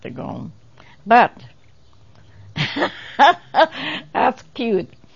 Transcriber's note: laughs